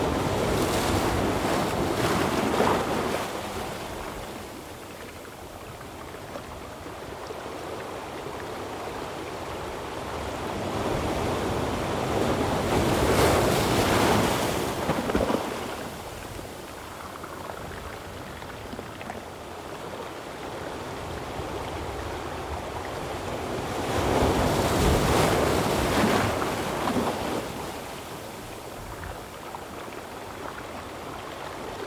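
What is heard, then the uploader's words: Waves surge over coastal rocks in three loud, rushing swells, around the start, near 13 seconds and near 25 seconds. Between surges the water drains away in a quieter, crackling trickle. The sound is full, with a low rumble under the hiss. Coastal Rock Wash - Storm-surge Wash Over and Drain. The surge pours over the rocks and slowly trickles away.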